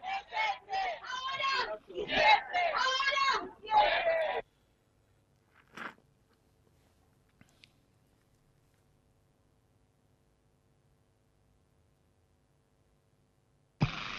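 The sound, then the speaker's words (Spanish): A crowd at a rally chants loudly in rhythmic unison for about four seconds, a chant for the 30,000. It stops abruptly, followed by a brief lone shout and then near silence. “Sí, perfectamente recibimos ese perfecto, siempre emotivo grito por los 30.000, ¿verdad?”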